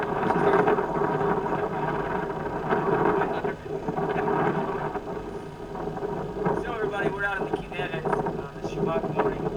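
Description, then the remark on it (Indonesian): A steady, loud roar of wind with heavy surging water and big rumbling waves crashing throughout on the Sea of Galilee at midday, recorded in December 2018, while indistinct voices come and go underneath the noise. “Dan coba perhatikan deru suara angin dan juga ombak yang besar.”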